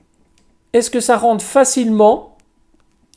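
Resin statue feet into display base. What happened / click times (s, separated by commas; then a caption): The piece snapped onto its base / 3.1 s. Someone talks while a resin 1/6 Zodiakos Studio Saint Seiya statue of Cancer Deathmask is lowered onto its display base, its left foot going into a peg hole and its magnetic right foot snapping on. A sharp knock is heard at 3.1 s as the statue seats, with both feet in good contact with the base.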